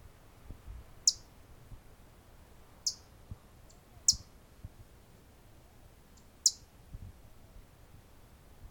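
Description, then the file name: Blackpoll warbler uttering four sharp, thin, high chips at irregular intervals, against a quiet background. "Blackpoll Warbler - Setophaga striata"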